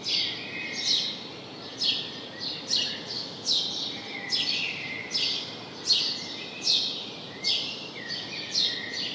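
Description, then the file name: House sparrow uttering a run of strident chirps a little over one per second, over constant hiss. "Passer domesticus"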